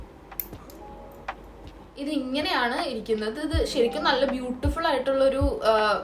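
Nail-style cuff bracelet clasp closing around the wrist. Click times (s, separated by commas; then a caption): 0.4 s. A gold-plated metal nail-style cuff bracelet, opened and placed around the wrist, is pressed shut so its clasp locks with a sharp metallic snap at 0.4 s. Fainter ticks follow, then someone talks from about 2 seconds on while faint music plays.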